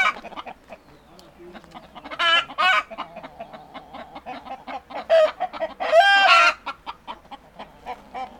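Chicken: hens clucking in a rapid, irregular chatter, with a couple of louder, harsher squawking bursts.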